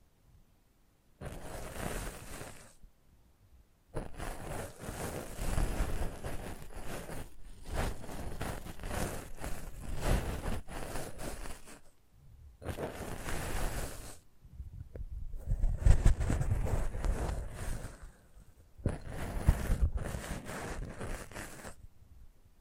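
Close-up mic treatment ASMR: bursts of dense rustling and scraping against the microphone, separated by short silences. The strokes start around one second, run longest from about four to twelve seconds, then return in shorter runs, full and low with a bright hiss on top.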